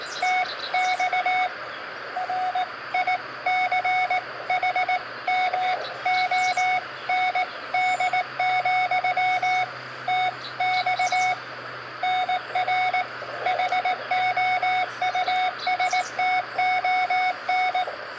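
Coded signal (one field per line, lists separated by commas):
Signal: Morse code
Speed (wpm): 18 wpm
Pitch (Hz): 740 Hz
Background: none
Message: TX RICHMOND, TX NR HOUSTON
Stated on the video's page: QRP CW contacts with Japan from a park, using an Elecraft KX2 fed into two random wire antennas after a bicycle ride.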